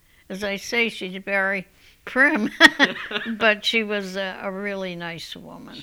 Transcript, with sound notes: As I say, she's very prim. ( they laugh ) But she was a really nice woman.